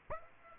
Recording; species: mosquito wingbeat signal from an infrared sensor; Aedes aegypti